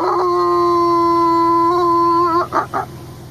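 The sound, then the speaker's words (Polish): A maned wolf gives a loud, steady, howling call held for about two seconds on one even pitch, then breaks into two short, rough yelps, with a low rhythmic hum underneath. “Grzywiasty? Wilk?”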